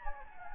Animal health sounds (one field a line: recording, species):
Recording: mosquito wingbeat signal from an infrared sensor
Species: Anopheles gambiae